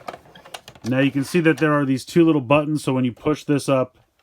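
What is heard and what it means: Someone handles the plastic latch section of a DX Braver Transporter toy from Tomica Heroes Jobraver, pushing the section up. A few faint, sharp plastic taps come early in the clip, then someone talks for most of the rest. Nothing has seated or clicked into place yet.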